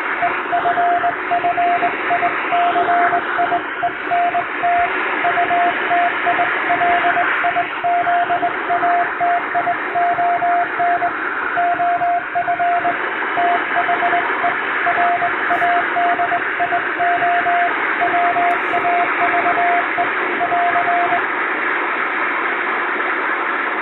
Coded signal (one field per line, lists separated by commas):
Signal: Morse code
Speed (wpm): 21 wpm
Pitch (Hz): 700 Hz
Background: radio noise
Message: EFFICIENT UTILIZATION OF THE RADIO WAVE <AR>